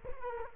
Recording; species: mosquito wingbeat signal from an infrared sensor; Culex quinquefasciatus